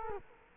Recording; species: mosquito wingbeat signal from an infrared sensor; Culex quinquefasciatus